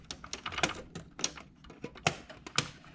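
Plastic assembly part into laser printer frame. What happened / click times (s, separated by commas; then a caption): Plastic part handled and positioned, not yet seated / none. A plastic assembly part is handled against the frame of an HP M477/M452 laser printer during a transfer belt or fuser replacement to fix a 59.F0 error. Irregular plastic taps and rattles are heard, with sharper knocks near 1.2, 2.1 and 2.6 seconds. The part has not seated or clicked into place yet.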